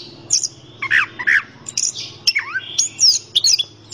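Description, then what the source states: Orange-headed thrush giving loud whistled and downslurred notes mixed with squeaky chips, over a steady low hum throughout. Local name anis kembang; described as gacor, a keepers' term for a bird singing vigorously.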